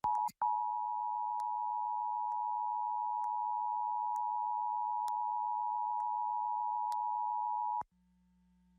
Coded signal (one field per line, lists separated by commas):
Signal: Emergency Alert System (SAME) tones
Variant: 853 and 960 Hz attention tone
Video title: WFMZ-AW Emergency Alert System - Tornado Warning (September 1, 2021; 6:42pm)